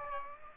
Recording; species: mosquito wingbeat signal from an infrared sensor; Aedes aegypti